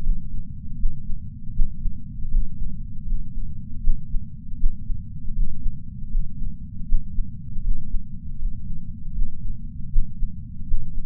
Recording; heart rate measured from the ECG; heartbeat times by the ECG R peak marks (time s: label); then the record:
heart sounds by patch sensor on the chest; 79 bpm
0.01 s: heartbeat
0.77 s: heartbeat
1.53 s: heartbeat
2.29 s: heartbeat
3.04 s: heartbeat
3.81 s: heartbeat
4.57 s: heartbeat
5.34 s: heartbeat
6.09 s: heartbeat
6.86 s: heartbeat
7.62 s: heartbeat
8.37 s: heartbeat
9.12 s: heartbeat
9.90 s: heartbeat
10.65 s: heartbeat
From the record:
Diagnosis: coronary artery disease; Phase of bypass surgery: postoperative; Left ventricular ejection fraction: 54.4%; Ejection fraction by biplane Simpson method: 44%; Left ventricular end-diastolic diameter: 43 mm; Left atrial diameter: 34 mm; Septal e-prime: 5 cm/s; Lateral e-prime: 5.3 cm/s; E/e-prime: 15.7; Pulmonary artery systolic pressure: 21 mmHg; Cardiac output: 4.9 L/min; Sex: female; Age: 70 years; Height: 152 cm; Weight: 65 kg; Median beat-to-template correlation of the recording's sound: 0.82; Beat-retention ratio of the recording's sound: 0.98